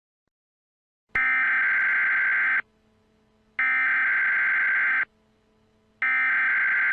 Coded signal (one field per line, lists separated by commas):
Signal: Emergency Alert System (SAME) tones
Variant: header bursts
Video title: Eas Scenario #2 The Great Florida Algae Bloom (Part 1)